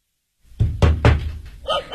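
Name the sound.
knocking on a door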